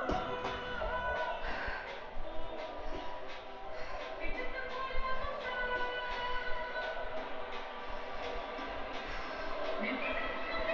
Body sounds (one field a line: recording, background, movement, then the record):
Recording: deep breathing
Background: music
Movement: walking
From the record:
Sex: female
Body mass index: 22.6 kg/m2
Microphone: on the chest, facing outward